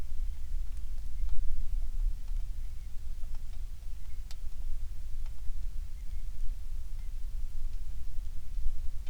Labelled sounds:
songbird
rain
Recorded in the Prudhoe Bay oil fields, Alaska, on 27 July 2019 at 18:43
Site 19

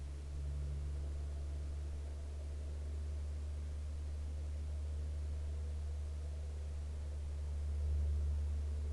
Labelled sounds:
aircraft
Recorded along the Dalton Highway, Alaska, on 15 August 2019 at 01:21
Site 05

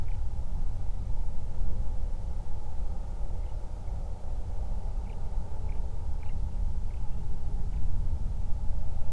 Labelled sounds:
songbird
flare stack
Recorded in the Prudhoe Bay oil fields, Alaska, on 31 July 2019 at 08:26
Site 24

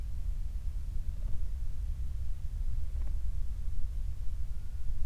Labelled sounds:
bird
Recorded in the Prudhoe Bay oil fields, Alaska, on 28 July 2019 at 06:09
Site 25

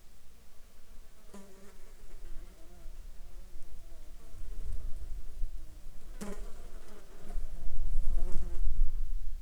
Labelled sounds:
insects
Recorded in Ivvavik National Park, Yukon, on 7 July 2019 at 11:24
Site SINP03

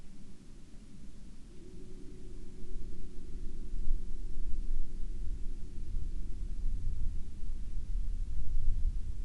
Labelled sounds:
wind
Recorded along the Dalton Highway, Alaska, on 19 April 2019 at 12:11
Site 09

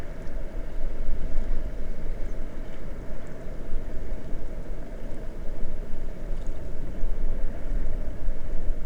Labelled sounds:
songbird
grouse or ptarmigan
water
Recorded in the Prudhoe Bay oil fields, Alaska, on 22 May 2019 at 00:30
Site 21

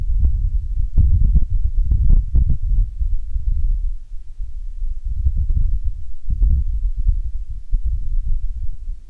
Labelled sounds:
wind
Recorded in the Prudhoe Bay oil fields, Alaska, on 10 June 2019 at 17:33
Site 11

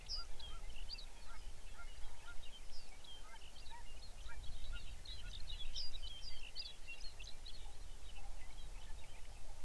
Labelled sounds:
songbird
waterfowl
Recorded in the Arctic National Wildlife Refuge, Alaska, on 23 May 2019 at 05:05
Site 49

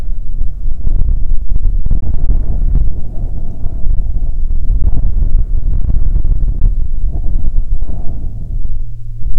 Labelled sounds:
wind
aircraft
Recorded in the Prudhoe Bay oil fields, Alaska, on 31 July 2019 at 13:51
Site 14

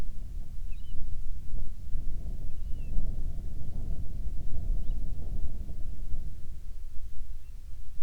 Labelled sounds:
bird
wind
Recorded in the Prudhoe Bay oil fields, Alaska, on 10 July 2019 at 14:05
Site 14

